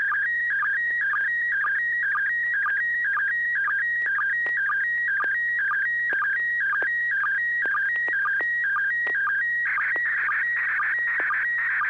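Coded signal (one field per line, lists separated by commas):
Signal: SSTV (slow-scan television)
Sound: steady warbling tone shifting between two pitches, with regular quick low blips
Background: low hum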